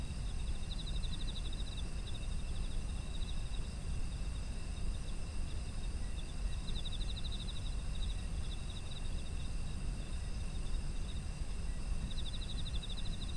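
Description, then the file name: Insect trills repeating in bursts every few seconds, with steady high-pitched ringing and a persistent deep rumble behind. Autumn insects, ambient environmental sound. "秋の虫の環境音"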